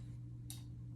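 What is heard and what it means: With solvent worked under it, an old rubber grip is twisted on a putter shaft to break its tape bond. Over a steady low hum, a single short, bright snap is heard at 0.5 s. The grip comes loose, and the shaft then turns separately from it.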